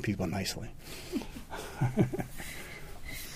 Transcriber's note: laughter